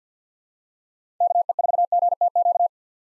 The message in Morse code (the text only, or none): KE4GTQ